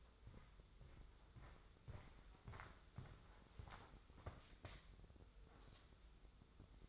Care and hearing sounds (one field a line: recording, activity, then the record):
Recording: daily activity, microphone in the room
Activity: walk to room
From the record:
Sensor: 3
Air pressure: 995.6 hPa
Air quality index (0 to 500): 85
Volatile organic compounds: 8 ppm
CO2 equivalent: 2065 ppm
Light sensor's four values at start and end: 27/82/34/30 and 26/79/33/29